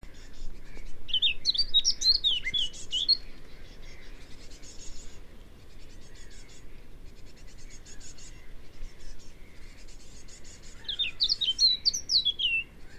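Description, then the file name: Eurasian blackcap song: two short bursts of quick, rich warbling, one early and one at the end, over fainter rhythmic background chirping and a low rumble. "Sylvia atricapilla"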